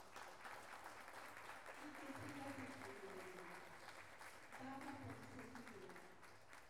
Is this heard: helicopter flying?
no